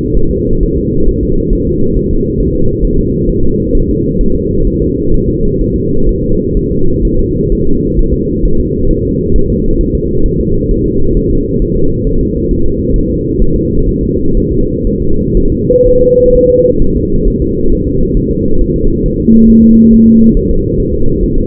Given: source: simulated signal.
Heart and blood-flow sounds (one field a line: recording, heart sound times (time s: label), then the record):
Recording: fetal heart sounds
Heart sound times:
0.17 s: S1
0.31 s: S2
0.63 s: S1
0.78 s: S2
1.09 s: S1
1.23 s: S2
1.53 s: S1
1.67 s: S2
1.97 s: S1
2.11 s: S2
2.40 s: S1
2.55 s: S2
2.85 s: S1
2.99 s: S2
3.29 s: S1
3.44 s: S2
3.75 s: S1
3.89 s: S2
4.21 s: S1
4.36 s: S2
4.68 s: S1
4.82 s: S2
5.14 s: S1
5.29 s: S2
5.61 s: S1
5.76 s: S2
6.09 s: S1
6.23 s: S2
6.57 s: S1
6.71 s: S2
7.05 s: S1
7.19 s: S2
7.52 s: S1
7.67 s: S2
7.99 s: S1
8.14 s: S2
8.45 s: S1
8.60 s: S2
8.91 s: S1
9.05 s: S2
9.36 s: S1
9.50 s: S2
9.81 s: S1
9.95 s: S2
10.26 s: S1
10.41 s: S2
10.71 s: S1
10.86 s: S2
11.17 s: S1
11.31 s: S2
11.62 s: S1
11.76 s: S2
12.07 s: S1
12.21 s: S2
12.51 s: S1
12.66 s: S2
12.96 s: S1
13.11 s: S2
13.42 s: S1
13.56 s: S2
13.89 s: S1
14.03 s: S2
14.37 s: S1
14.52 s: S2
14.87 s: S1
15.02 s: S2
15.37 s: S1
15.52 s: S2
15.87 s: S1
16.01 s: S2
16.35 s: S1
16.50 s: S2
16.82 s: S1
16.96 s: S2
17.28 s: S1
17.42 s: S2
17.73 s: S1
17.87 s: S2
18.17 s: S1
18.31 s: S2
18.61 s: S1
18.76 s: S2
19.06 s: S1
19.20 s: S2
19.50 s: S1
19.64 s: S2
19.94 s: S1
20.08 s: S2
20.37 s: S1
20.51 s: S2
20.80 s: S1
20.94 s: S2
21.23 s: S1
21.38 s: S2
From the record:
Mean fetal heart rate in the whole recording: 130 bpm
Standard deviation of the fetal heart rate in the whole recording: 4 bpm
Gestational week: 38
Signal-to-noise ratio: -17.7 dB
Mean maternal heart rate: 72 bpm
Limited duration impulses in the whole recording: present